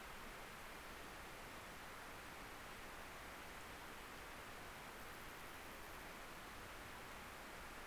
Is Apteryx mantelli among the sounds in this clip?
no